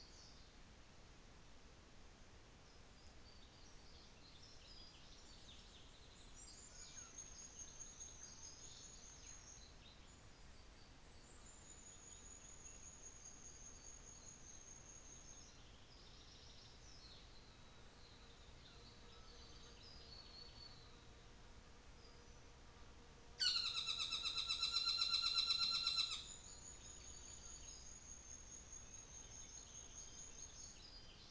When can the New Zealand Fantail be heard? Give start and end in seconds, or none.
5.12-15.49, 26.23-30.91